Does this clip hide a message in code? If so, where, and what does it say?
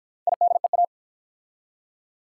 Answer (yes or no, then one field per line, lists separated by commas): yes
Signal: Morse code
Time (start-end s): 0.3-0.8 s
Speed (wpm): 50 wpm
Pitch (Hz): 700 Hz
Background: none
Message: IDEA